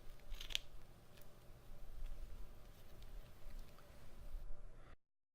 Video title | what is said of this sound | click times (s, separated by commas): Build a WiFi - enabled LED You tube suscribers counter_ new version | a little coaxing the board snaps right in | 0.6 s